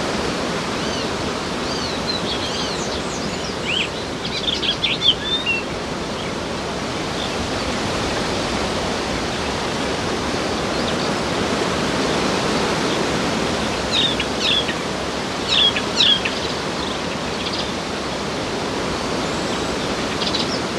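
Steady wind rushes through leaves in a dense, even hiss while birds chirp brightly above, clustering around five and sixteen seconds.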